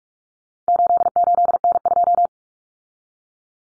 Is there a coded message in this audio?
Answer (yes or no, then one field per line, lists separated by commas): yes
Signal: Morse code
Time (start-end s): 0.7-2.3 s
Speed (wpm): 44 wpm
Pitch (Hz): 700 Hz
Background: none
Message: 88N2